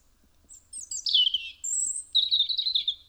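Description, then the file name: European robin singing high, thin, varied phrases: a sliding whistle, a scratchy warble, a long high note and a sparkling trill. "Erithacus rubecula"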